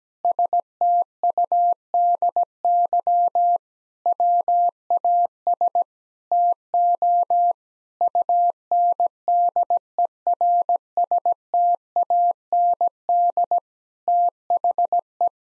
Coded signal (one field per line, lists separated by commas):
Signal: Morse code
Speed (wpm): 17 wpm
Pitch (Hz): 700 Hz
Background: none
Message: STUDY WAS TO UNDERSTAND THE